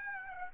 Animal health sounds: mosquito wingbeat signal from an infrared sensor; Aedes aegypti

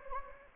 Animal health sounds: mosquito wingbeat signal from an infrared sensor; Anopheles gambiae

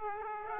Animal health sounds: mosquito wingbeat signal from an infrared sensor; Aedes aegypti

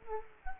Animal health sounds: mosquito wingbeat signal from an infrared sensor; Culex quinquefasciatus

